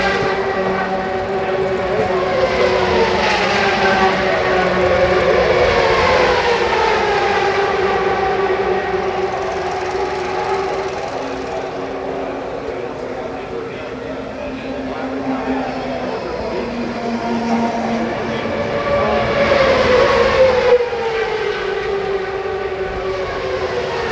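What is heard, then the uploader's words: IndyCar race cars scream past in a continuous roar, their engine notes sweeping downward as each car goes by, with clear passes around five seconds and again near twenty. A steady whine holds underneath, and the overall loudness stays high, dipping slightly midway. The Sounds of Fontana IndyCar, 1998. The CART IndyCar Series event on the Fontana superspeedway. The mighty 2.65-liter turbocharged V8s that made thrilling speed and sounds at the event.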